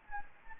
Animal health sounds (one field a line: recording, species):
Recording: mosquito wingbeat signal from an infrared sensor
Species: Anopheles gambiae